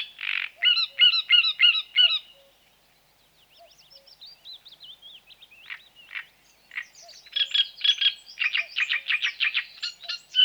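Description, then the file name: Great reed warbler song, loud harsh croaking phrases of rapidly repeated grating notes, a pause of quieter chattering in the middle, then another strong repeated burst. "Grotekarekiet"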